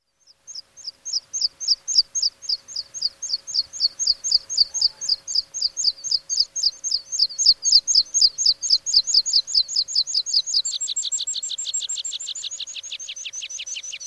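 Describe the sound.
Meadow Pipit song: a long run of thin, high notes repeated about four per second, then breaking into a faster, higher trill.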